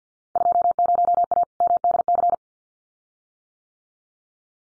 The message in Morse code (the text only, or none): 20A MDC